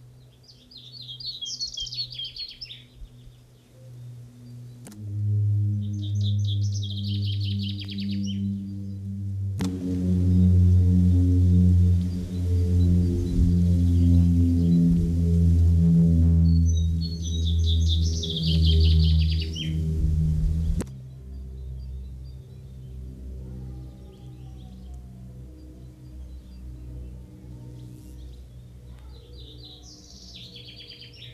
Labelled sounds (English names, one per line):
Common Chaffinch song